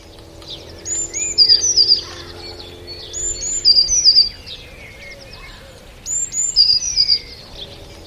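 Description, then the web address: Songbird song: three bright, high phrases of thin whistles and trills, each about a second long, repeated roughly every two and a half seconds over a low hum. "wroblowe teka spiew. wroblowe teka modraszkoteka"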